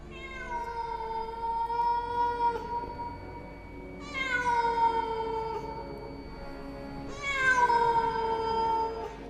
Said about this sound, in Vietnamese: Vừa mới chạy liền nghe thấy phía sau vang lên tiếng mèo, giống như tiếng trẻ con khóc nỉ non, hết đợt này đến đợt khác, tạo thành những âm thanh vô cùng đáng sợ.